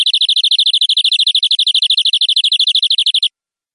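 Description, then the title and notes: Canary song: a very fast, dense trill of sharp high notes with a thin upper tone, running for over three seconds before ending suddenly. Long-duration canary song for training birds. "Kicauan Kenari Durasi Panjang. Masteran Burung Lengkap"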